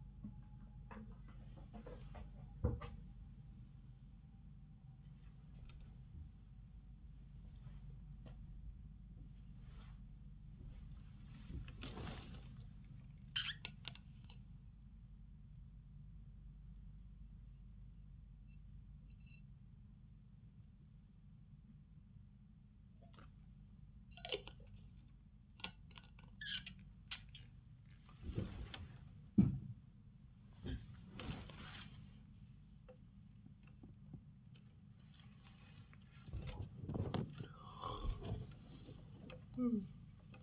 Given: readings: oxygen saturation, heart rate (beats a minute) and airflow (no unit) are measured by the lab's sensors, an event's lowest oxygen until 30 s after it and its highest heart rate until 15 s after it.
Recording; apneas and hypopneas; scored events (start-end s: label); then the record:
a person awake in a sleep study, by a smartphone at the bedside; none
0.00-40.43 s: awake
From the record:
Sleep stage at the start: awake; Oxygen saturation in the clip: 93 to 94%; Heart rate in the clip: 68 to 96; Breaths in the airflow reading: 11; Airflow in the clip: -10.6 to 10.5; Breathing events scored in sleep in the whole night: 270 in 6.1 hours asleep